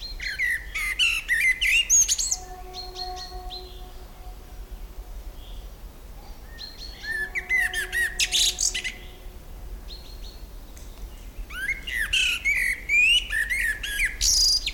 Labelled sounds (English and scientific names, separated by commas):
Common Blackbird (Turdus merula) song